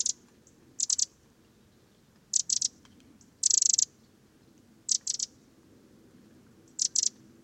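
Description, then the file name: Eurasian wren giving short, dry, high ticking calls, single or in quick pairs and triplets, spaced irregularly every one to two seconds over a quiet low background hum. "Troglodytes troglodytes"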